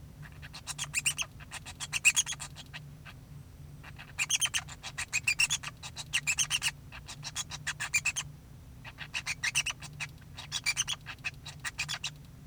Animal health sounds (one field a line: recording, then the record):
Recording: song of a male Bengalese finch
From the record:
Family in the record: son of father 2